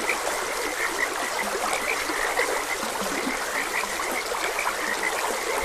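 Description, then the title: Frogs croaking in a chorus: short bright chirping notes repeated rapidly, with lower croaks beneath, over the steady rush of flowing water. Frogs croaking beside a gentle stream. "Gentle Stream and Frogs Croaking"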